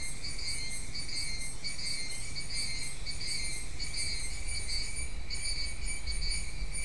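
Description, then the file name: Insects chirping in a steady chorus, high pulsed tones layered in bands with short regular gaps, over a constant low rumble of background noise. "mainly insect"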